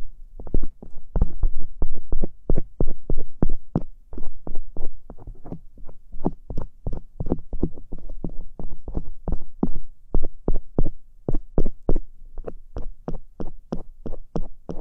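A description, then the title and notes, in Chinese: Ear picking, with a quick, uneven run of crisp scratches and clicks, roughly two to four per second, through all fifteen seconds. Each tick carries a soft low thump beneath it, and the strokes vary in strength with short pauses between clusters. 掏耳朵。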